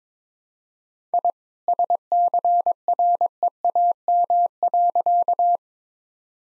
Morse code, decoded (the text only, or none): I SCREAM.